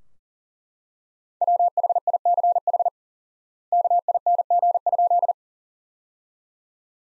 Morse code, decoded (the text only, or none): WHICH KING?